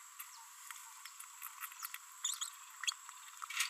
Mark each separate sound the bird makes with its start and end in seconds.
2.25-2.37, 2.41-2.49